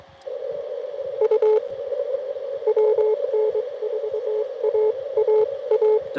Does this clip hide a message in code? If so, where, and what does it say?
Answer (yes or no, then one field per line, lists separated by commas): yes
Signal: Morse code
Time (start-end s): 1.2-6.0 s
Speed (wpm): 23 wpm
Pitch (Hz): 430 Hz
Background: radio noise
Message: U WN4AAA